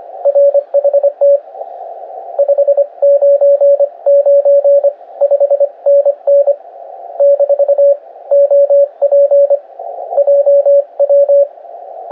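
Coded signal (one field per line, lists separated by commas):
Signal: Morse code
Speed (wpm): 26 wpm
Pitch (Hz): 560 Hz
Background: radio noise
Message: RHT 599 5NN - OP JW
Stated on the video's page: Short basic information exchange between a Polish and a Dutch station at 26 WPM on 7 MHz.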